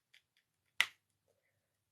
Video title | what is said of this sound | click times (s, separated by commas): Undercover Raphael Uncut Unboxing | Hear that snap? | 0.8 s